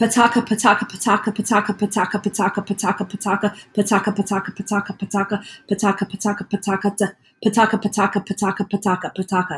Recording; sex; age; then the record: repeated syllables /pa ta ka/; female; 50 to 59 years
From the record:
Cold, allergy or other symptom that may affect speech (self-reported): no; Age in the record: 51 years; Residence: Florida, United States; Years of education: 12